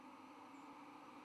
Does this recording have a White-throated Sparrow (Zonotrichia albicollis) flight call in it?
yes